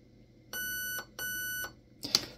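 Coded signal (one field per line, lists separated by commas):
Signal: beep code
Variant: Raven Furion ETU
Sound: two steady mid-pitched electronic beeps, about half a second each, then a click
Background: mechanical click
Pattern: 2 long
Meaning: Two beeps confirm the trigger unit is programmed to binary mode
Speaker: those two beeps means that it is now programmed to Binary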